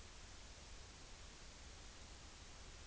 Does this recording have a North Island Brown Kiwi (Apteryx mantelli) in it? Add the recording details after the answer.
no. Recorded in New Zealand on 29 April 2013. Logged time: 02:19